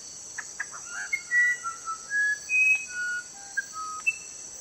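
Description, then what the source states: Musician wren song of pure, whistled tones jumping between higher and lower pitches, opening with a few soft short notes, while insects hiss steadily behind. One of five birds presented singing freely in nature.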